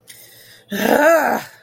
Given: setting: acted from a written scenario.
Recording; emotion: vocal sound without words; anger